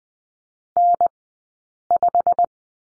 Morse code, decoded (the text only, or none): N5